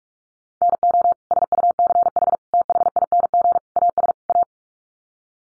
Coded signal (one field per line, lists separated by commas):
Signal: Morse code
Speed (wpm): 44 wpm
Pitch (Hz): 700 Hz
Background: none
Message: NO SUCH THING AS A